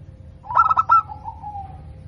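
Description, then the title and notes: Zebra dove cooing song: a quick stutter of bright, clipped notes followed by a soft trilled coo that fades away. Local perkutut (zebra dove), singing vigorously (gacor), with a clear, crystal-like, loud voice. "PERKUTUT LOKAL GACOR Suara KRISTAL LANTANG. Kicau Burung Perkutut"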